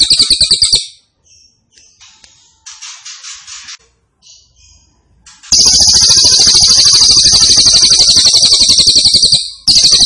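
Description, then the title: Grey-cheeked tit-babbler song, long rapid buzzy trill in bursts at high pitch, with short quieter chirps between bursts. Actively singing (gacor) with a strong voice. "Cililin AMPUH 5. Cililin Gacor Suara Mantap"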